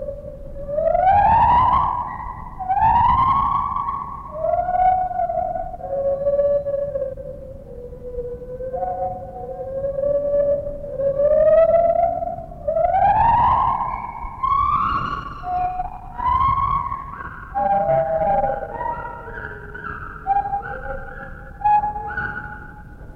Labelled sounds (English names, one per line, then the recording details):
Lar Gibbon
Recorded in captivity
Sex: pair
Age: adult
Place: Zoo Berlin, Berlin, DE
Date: 1960-10-29 12:05
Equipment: Minifon, Kopie Smaragd
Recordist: Tembrock, Günter